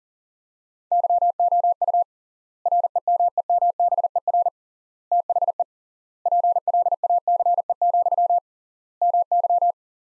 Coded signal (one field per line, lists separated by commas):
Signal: Morse code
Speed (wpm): 40 wpm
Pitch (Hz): 700 Hz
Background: none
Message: YOU REMEMBER THE PLACE, MY